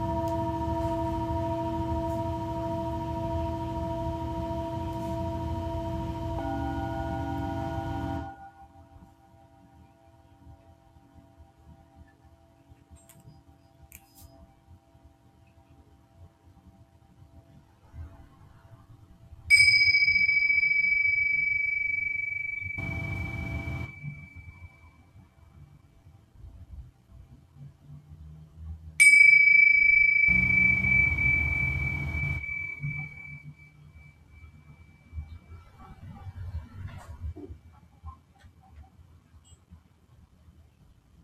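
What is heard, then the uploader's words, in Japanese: A Tibetan singing bowl rings with a full, humming tone that ends abruptly around eight seconds, followed by near silence. Two bright strikes, at about nineteen and twenty-nine seconds, each leave a clear ringing tone that slowly fades, with faint low rumbles beneath. 夜のシンギングボウルのサウンドヒーリング。チベタンシンギングボウル。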